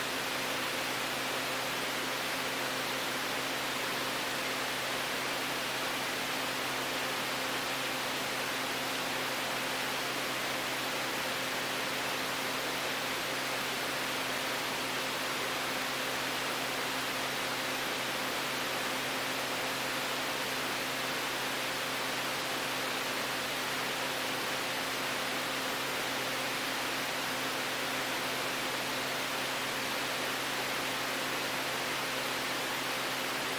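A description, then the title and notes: A static tone holds perfectly steady for the whole stretch: a dense, unchanging hiss spread from low to very high, with a few thin, constant hum lines in the low range. Nothing starts, stops or shifts; the level stays flat throughout. Static Tone.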